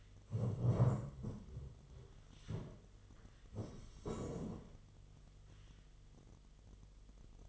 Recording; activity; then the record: daily activity, microphone in the room; stand up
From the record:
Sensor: 4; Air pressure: 1006.2 hPa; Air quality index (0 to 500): 100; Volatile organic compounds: 2 ppm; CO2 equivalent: 1255 ppm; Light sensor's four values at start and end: 12/28/11/10 and 12/28/11/10